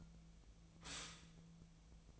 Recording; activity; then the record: daily activity, microphone in the room; stop toaster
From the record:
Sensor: 1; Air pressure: 1009.3 hPa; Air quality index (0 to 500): 195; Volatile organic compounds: 19 ppm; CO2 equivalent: 2664 ppm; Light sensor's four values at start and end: 28/71/29/35 and 28/71/29/35